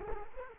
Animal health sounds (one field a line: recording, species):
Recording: mosquito wingbeat signal from an infrared sensor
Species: Culex quinquefasciatus